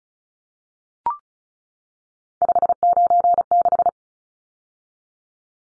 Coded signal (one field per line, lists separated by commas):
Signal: Morse code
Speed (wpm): 34 wpm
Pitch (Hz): 700 Hz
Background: none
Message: 596